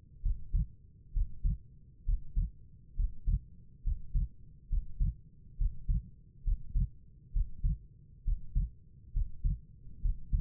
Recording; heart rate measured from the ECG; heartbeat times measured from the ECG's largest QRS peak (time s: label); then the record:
heart sounds by stethoscope; 67 bpm
0.23 s: heartbeat
1.13 s: heartbeat
2.06 s: heartbeat
2.96 s: heartbeat
3.84 s: heartbeat
4.69 s: heartbeat
5.58 s: heartbeat
6.44 s: heartbeat
7.33 s: heartbeat
8.25 s: heartbeat
9.13 s: heartbeat
10.02 s: heartbeat
From the record:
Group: healthy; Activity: breath hold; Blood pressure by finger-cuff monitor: 95/64 mmHg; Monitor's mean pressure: 71 mmHg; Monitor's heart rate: 68 bpm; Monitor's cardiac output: 5 L/min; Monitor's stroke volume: 74 mL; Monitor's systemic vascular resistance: 1010 dyn s/cm5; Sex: female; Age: 22 years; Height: 163 cm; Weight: 67.1 kg